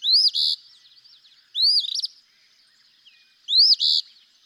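Eastern phoebe singing three rising, buzzy two-part phrases, each a sharp upslur followed by a rough burst, spaced about one and a half to two seconds apart.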